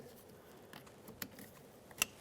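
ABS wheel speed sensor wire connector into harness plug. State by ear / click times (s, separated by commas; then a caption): seated / 2.0 s. The plastic electrical connector of an ABS wheel speed sensor wire, routed between the upper control arm and the frame on the front left of a 2004-2015 Nissan Titan, is pushed together into its harness plug. A few faint ticks and a sharper snap near 1.2 s come first, then a crisp, bright click at 2.0 s as the connector seats.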